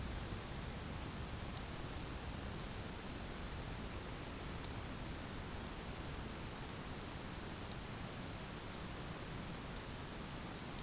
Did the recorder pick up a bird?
no